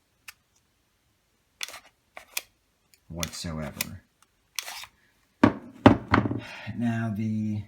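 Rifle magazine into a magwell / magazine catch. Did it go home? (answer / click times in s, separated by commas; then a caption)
no / none. A KCI Korean-made steel magazine fitted with a Vickers aftermarket base plate is pushed up into a Saurez rifle magwell again and again, giving sharp metal contact taps around 1.6, 2.2, 2.4, 4.6, 5.4, 5.9 and 6.1 seconds while someone talks. The magazine fails to latch in the magwell, and nothing has seated or clicked yet.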